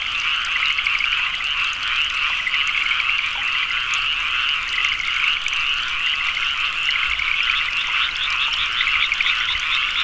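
Many frogs croaking together in a continuous high-pitched chorus of rapid pulsed trills, with no pauses across the whole stretch.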